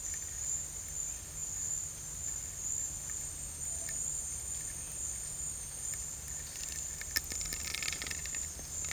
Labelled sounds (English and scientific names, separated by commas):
none